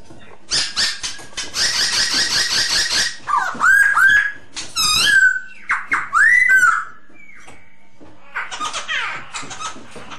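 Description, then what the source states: Masked laughingthrush song opening with long rasping chatter, followed by several swooping whistled notes and a final harsh burst. Lure song (suara pancingan) of the poksay hongkong.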